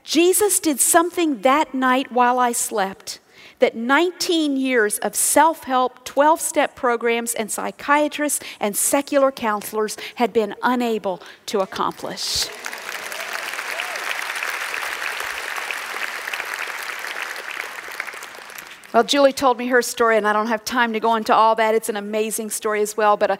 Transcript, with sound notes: Jesus did something that night while I slept that nineteen years of self-help, twelve-step programs, and psychiatrists and secular counselors had been unable to accomplish. (applause) Well, Julie told me her story, and I don’t have time to go into all that. It’s an amazing story, as well.